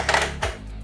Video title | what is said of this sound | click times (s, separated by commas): Review WIND RAIDER MOTU Origins - MOTU Reviews 113 | Then it snaps into place. | 0.1 s